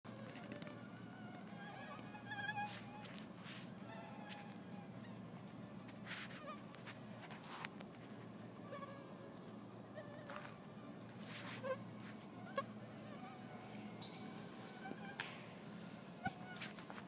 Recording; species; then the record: mosquito flight sound by mobile phone; Anopheles gambiae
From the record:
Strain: Kisumu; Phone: iPhone 4S